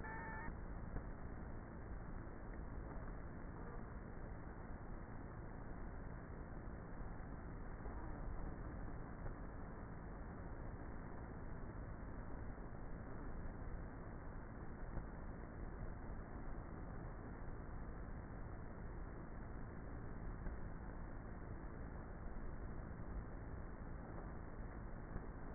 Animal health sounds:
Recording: honeybee colony, microphone inside the hive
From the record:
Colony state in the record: queenless with a low population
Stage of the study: before two queens were removed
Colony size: about 30,000 bees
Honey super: no

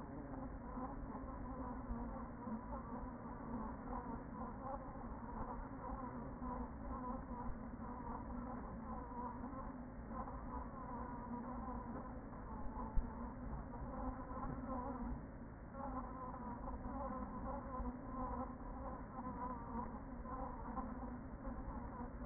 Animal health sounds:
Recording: honeybee colony, microphone inside the hive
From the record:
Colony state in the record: queen present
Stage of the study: after two queens were removed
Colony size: about 40,000 bees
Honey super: no

